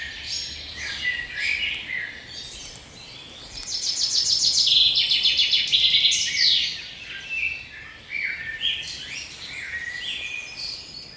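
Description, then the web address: Bird song with a burst of bright, fast trills and twittering in the middle, framed by quieter chirps and short phrases. "Fugle naturlyde"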